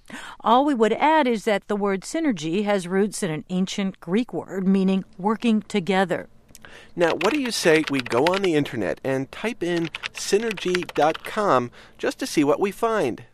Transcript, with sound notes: All we would add is that the word "synergy" has roots in an ancient Greek word meaning "working together."
[SFX: TYPING ON COMPUTER KEYBOARD] Now what do you say we go on the Internet and type in "synergy.com," just to see what we find.